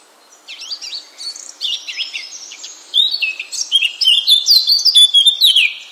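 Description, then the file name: Eurasian blackcap song building from soft, scratchy twittering into a loud, clear flutelike warble during the last three seconds. "Sylvia atricapilla"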